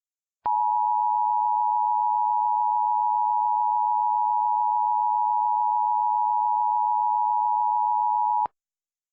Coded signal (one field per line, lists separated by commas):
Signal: Emergency Alert System (SAME) tones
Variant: 853 and 960 Hz attention tone